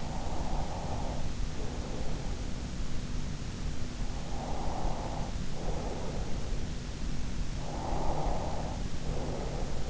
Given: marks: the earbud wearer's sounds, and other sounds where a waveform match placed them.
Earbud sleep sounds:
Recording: sounds in sleep by an in-ear microphone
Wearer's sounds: breath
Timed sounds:
0.00-2.50 s: breath
4.35-6.17 s: breath
7.79-9.80 s: breath

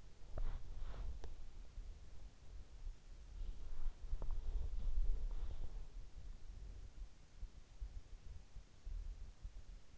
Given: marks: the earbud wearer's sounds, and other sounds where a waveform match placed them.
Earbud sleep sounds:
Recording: sounds in sleep by an in-ear microphone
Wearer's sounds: body movement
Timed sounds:
0.00-6.36 s: body movement

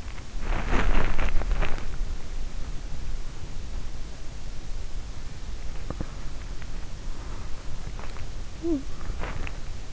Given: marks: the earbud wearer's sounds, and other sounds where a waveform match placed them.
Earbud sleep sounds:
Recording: sounds in sleep by an in-ear microphone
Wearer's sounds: body movement, breath, talking in sleep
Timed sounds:
0.32-1.78 s: body movement
5.86-6.07 s: body movement
6.84-8.18 s: breath
7.83-9.92 s: body movement
8.51-8.99 s: talking in sleep

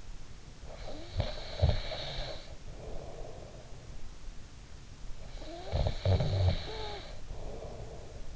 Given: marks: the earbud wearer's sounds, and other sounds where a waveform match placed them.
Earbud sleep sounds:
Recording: sounds in sleep by an in-ear microphone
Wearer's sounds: snoring breath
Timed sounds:
0.67-3.86 s: snoring breath
5.16-8.36 s: snoring breath

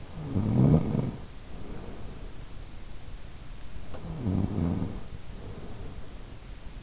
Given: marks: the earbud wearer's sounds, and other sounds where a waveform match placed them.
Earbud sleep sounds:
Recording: sounds in sleep by an in-ear microphone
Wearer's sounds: snoring breath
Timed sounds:
0.13-2.53 s: snoring breath
4.16-6.83 s: snoring breath

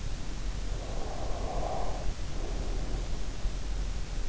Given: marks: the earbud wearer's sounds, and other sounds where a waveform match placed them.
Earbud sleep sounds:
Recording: sounds in sleep by an in-ear microphone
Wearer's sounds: breath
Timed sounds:
0.60-3.90 s: breath

